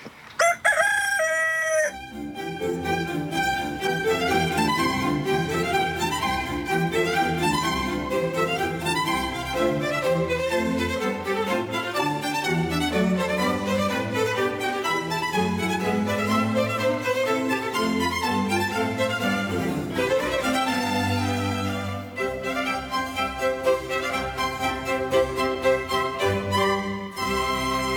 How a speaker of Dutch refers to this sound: En dan starten we gewoon de tune in van Vroege Vogels.